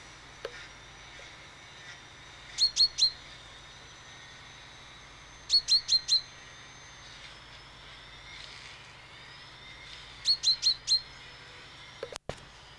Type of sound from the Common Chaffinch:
call